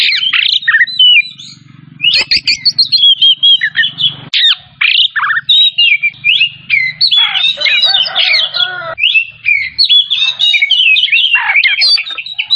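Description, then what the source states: Oriental magpie-robin delivering rapid, energetic song of clear whistles mixed with buzzy and scratchy phrases, barely pausing, above a faint low rumble. Kacer from Tretes singing vigorously in the style called gacor.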